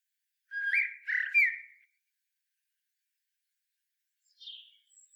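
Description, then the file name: Common blackbird singing two short fluty whistled phrases, then quiet, then a brief high squeaky note. "Turdus merula"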